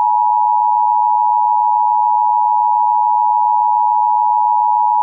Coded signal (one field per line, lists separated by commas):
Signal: Emergency Alert System (SAME) tones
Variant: 853 and 960 Hz attention tone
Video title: EAS Scenario #1: An Asteroid Impact